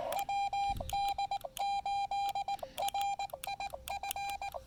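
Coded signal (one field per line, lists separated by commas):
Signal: Morse code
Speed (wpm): 19 wpm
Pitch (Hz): 800 Hz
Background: none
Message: WD8RIF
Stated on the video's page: Morse from a quick QRP field activation on the Blue Ridge Parkway with a new radio.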